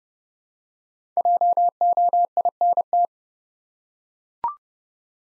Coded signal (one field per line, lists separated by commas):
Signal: Morse code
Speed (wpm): 30 wpm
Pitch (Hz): 700 Hz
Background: none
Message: JOINT